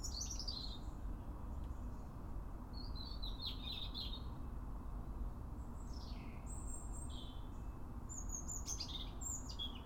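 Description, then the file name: European robin delivering a series of high, tumbling phrases with steep downward slurs and fine trills, pausing between phrases, with low steady noise beneath. "Erithacus rubecula"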